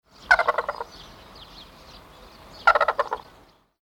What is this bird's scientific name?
Grus japonensis